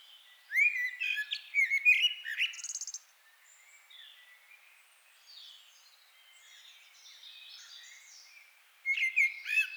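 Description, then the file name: Common blackbird song: an early burst of fluted warbles and high squeaky twitters, a long quiet stretch with faint notes, then another loud warbled phrase. "Turdus merula"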